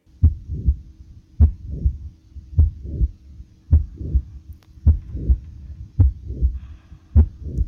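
Adult heart by stethoscope: mitral valve prolapse (Barlow's syndrome) murmur, the classic click-murmur syndrome, though little clicking is heard here. Often benign, but can be associated with palpitations, chest pain or fainting.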